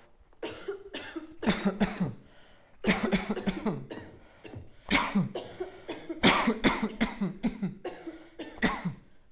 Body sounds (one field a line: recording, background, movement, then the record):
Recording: voluntary coughing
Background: a bystander coughing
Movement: sitting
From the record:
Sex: male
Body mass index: 20.5 kg/m2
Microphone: on the chest, facing outward